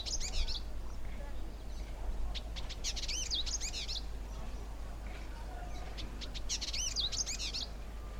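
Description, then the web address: Village indigobird song: several bursts of high, buzzy, chattering notes with quick sweeping notes, over a steady low background hum. "Indigobird Song Vidua chalybeata"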